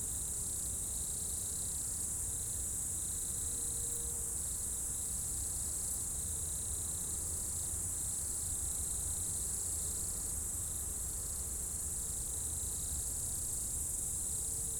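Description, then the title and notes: Insects keep up a bright continuous trill with rhythmic pulsed phrases beneath, a brief humming tone, and a low rumble. Insects in a roadside bank and trees at dusk, first hairpin bend of the Col du Chat road, Bourdeau, France; Tascam DAP1 DAT recorder, from a CD-R burned in 2006. "route col du Chat, Bourdeau, France - Tutti insectes. Dans la première épingle de la route du col du Chat à Bourdeau, insectes dans le talus et les arbres au crépuscule"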